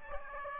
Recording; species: mosquito wingbeat signal from an infrared sensor; Aedes aegypti